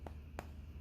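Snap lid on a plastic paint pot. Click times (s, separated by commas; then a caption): 0.4 s. The snap lid of a plastic paint pot is pressed closed after painting, with a faint tick at 0.1 s and a sharp snap at 0.4 s over a steady low hum. The lid snaps shut and is confirmed seated, with a good snapping sound.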